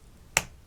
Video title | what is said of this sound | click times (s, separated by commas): Jinhao School Fountain Pens 888, 889 & 890 | hear that click in and that fits very nice inside that very small area so | 0.4 s